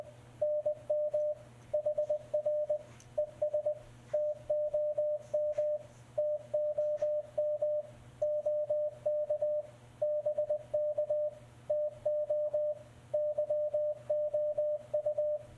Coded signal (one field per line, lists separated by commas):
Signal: Morse code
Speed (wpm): 20 wpm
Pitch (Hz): 600 Hz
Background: radio noise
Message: NM HR ES TOM TOM OK BK TO YOU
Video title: Icom 7300 | MRP40 CW Morse Decoder